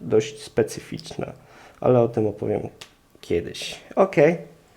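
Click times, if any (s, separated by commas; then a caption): none. Someone talks while a part of a rechargeable Thrunite flashlight, likely the USB charging connection or the battery cap, is being fitted into the flashlight body to set it up for charging. Nothing has seated or clicked into place yet by the end of the clip.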